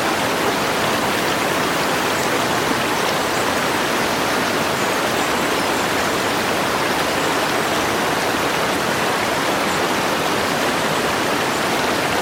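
Fast water rushes over rocks in a mountain stream, a dense, steady hiss that fills everything from low rumble to bright spray. It holds constant for the whole stretch, unbroken, with no distinct birdsong standing out above the flow.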